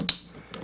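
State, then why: Seated. The pull-down spray hose of a Moen Essie pull-down faucet is pushed into the faucet's quick-connect fitting under a Kraus Pro Workstation kitchen sink. A sharp, loud snap rings out at 0.1 s, followed by a much fainter tick around 0.5 s. The hose is seated and snapped home.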